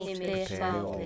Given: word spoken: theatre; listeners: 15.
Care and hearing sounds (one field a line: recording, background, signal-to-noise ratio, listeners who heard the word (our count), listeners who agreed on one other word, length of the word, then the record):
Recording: one English word in noise, from a listening test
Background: four-talker babble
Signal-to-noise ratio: -0.6 dB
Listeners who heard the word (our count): 0 of 15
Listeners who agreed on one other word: 11 of 15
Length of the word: 0.66 s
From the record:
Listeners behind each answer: 11, 1, 1, 1, 1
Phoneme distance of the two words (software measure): 40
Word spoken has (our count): 2 syllables, 4 phonemes, stress on syllable 1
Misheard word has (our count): 2 syllables, 4 phonemes, stress on syllable 1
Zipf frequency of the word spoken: 4.74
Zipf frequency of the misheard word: 4.64